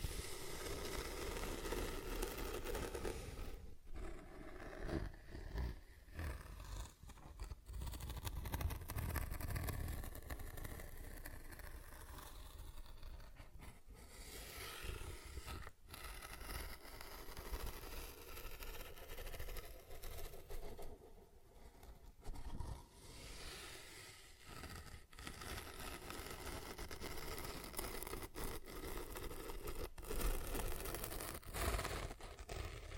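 ASMR scratching and zipper sounds play out as dense, rough rasping strokes with frequent brief pauses and sharp taps throughout, over a low rumble.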